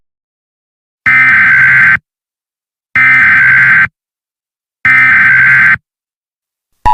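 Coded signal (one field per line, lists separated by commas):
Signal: Emergency Alert System (SAME) tones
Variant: header bursts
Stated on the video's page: Fictional EAS scenario story.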